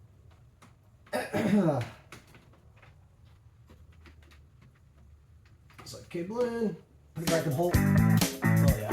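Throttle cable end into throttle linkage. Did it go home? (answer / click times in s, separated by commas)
no / none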